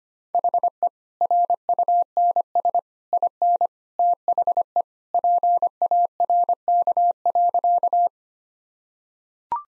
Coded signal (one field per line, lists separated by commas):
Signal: Morse code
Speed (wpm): 25 wpm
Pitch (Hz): 700 Hz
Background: none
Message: HE RUNS IN THE PARK.